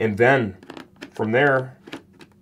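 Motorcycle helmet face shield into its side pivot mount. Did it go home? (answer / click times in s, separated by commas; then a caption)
no / none. Someone talks while handling a plastic face shield on a motorcycle helmet's side pivot mount, with its teeth engaged, getting ready to push it back. A few faint handling taps follow the talk. Nothing has seated or clicked yet.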